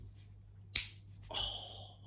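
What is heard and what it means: A small plastic toy-brick window pane is slid into its frame and snaps home with a sharp, bright click at 0.8 s. A softer rustling scrape follows around 1.3–1.6 s. The pane is seated in the frame.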